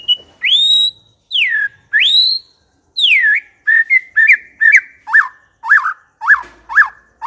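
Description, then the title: White-rumped shama song of loud, clear whistles: long rising and falling sweeps, then a quicker series of short, even, swooping notes. Lure recording of a fierce, aggressive white-rumped shama. "Pancingan Murai Batu Galak"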